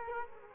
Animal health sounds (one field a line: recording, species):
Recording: mosquito wingbeat signal from an infrared sensor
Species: Culex quinquefasciatus